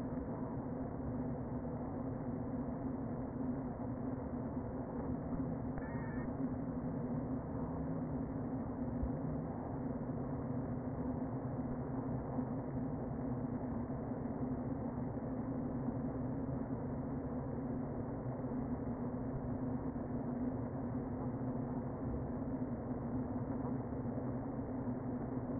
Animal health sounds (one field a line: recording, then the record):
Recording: honeybee colony, microphone inside the hive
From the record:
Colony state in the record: queen present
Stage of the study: before two queens were removed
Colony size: about 60,000 bees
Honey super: yes